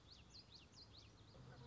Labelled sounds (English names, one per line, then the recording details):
Common Yellowthroat
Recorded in Sonoma County, California